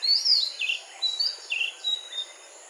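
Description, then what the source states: Magpie-robin song: a handful of loud clear whistled notes, some swooping, others flat, in quick succession before fading. Sung in a morning chorus.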